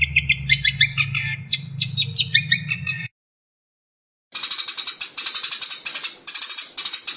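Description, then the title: Long-tailed shrike song: quick scratchy chatter over a low hum, a short pause, then a dense burst of higher, harsher twittering notes. Singing bird described as a champion. "Kicau Burung Cendet Juara"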